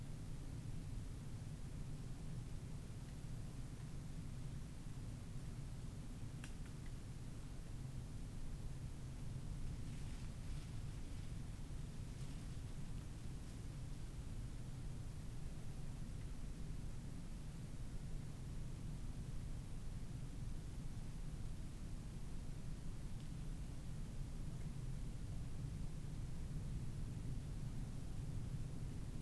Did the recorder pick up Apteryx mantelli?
no